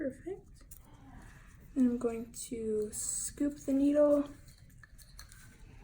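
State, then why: Not seated. Someone talks while a syringe needle is being scooped into its plastic needle cap, which is to be pressed on until it clicks for safety. Only a few faint, brief ticks are heard around the speech. Nothing has seated or clicked yet.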